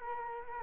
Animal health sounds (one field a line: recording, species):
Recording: mosquito wingbeat signal from an infrared sensor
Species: Culex quinquefasciatus